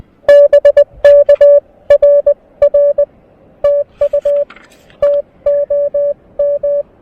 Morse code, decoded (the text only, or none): BK RR TU TOM